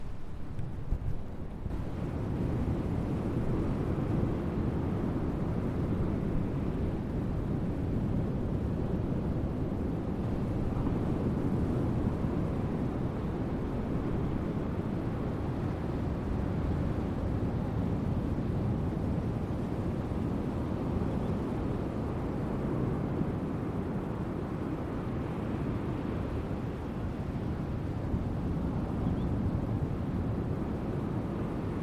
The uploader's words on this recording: These relaxing sounds are coming to you from Charlestown Breakwater State Beach. 12:30 pm.